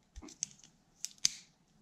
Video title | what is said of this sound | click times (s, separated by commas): Leatherman MUT na strzelnicy | łatwo, trzeba użyć dość sporej siły, żeby go odblokować. O. | 0.4 s, 1.2 s